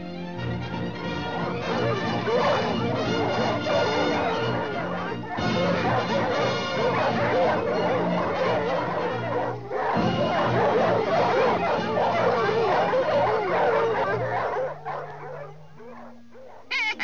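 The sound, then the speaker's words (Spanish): A pack of dogs, set on a fox, barks and yips excitedly in a dense, continuous clamor, with overlapping high whimpers and yelps, briefly dipping before resuming, then tapering into a few scattered barks at the end. “Esto mantendrá a los perros ocupados un buen rato.”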